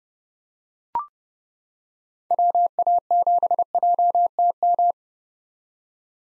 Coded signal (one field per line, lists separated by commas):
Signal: Morse code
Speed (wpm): 30 wpm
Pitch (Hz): 700 Hz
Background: none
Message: WA7JTM